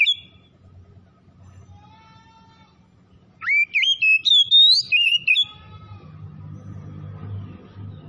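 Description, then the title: Oriental magpie-robin song: one loud phrase of quick, varied whistles rising and falling, over a low background rumble. In full song; described as gacor, singing persistently. "Kacer Tretes"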